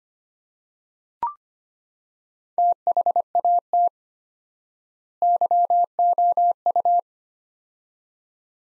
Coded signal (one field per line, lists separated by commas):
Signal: Morse code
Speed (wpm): 25 wpm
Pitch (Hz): 700 Hz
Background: none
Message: THAT YOU